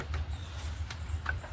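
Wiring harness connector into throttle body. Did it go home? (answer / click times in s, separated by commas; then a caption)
yes / 1.3 s. The wiring harness electrical connector is pushed back onto the throttle body of a 2009 Dodge Journey 3.5L AWD during intake manifold cover assembly reinstallation. Faint low rumble and a couple of light taps near 0.1 and 0.9 s lead to a sharp, bright click at 1.3 s. The connector seats so it won't come out, ready for its lock to be closed.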